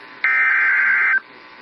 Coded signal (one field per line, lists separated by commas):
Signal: Emergency Alert System (SAME) tones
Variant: header bursts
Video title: Eas Fwd svr on KEC55 Eas#1969